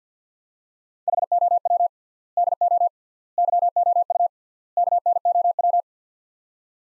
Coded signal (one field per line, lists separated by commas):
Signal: Morse code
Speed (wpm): 50 wpm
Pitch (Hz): 700 Hz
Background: none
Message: HOW DO YOU KNOW